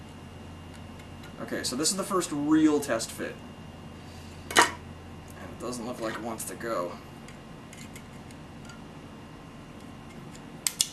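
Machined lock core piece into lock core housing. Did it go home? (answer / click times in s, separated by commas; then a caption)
yes / 10.7 s, 10.8 s. During the first test fit, a machined piece of a challenge lock core is pressed into its lock core housing while someone talks. After some scraping, two sharp clicks are heard at 10.7 s and 10.8 s as the piece snaps into place and seats, though it is still a little tight.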